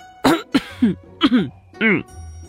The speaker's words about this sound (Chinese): 这时两人才回过神来，才想到这里其实是大庭广众之下。展昭尴尬的咳嗽，白玉堂也摸了摸下巴看别处